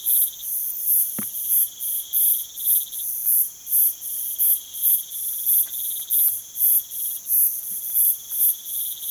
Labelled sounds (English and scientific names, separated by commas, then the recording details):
none
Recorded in pastures near Puerto Asís, Putumayo, Colombia, on 25 June 2025 at 05:00
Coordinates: 0.487, -76.322
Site H26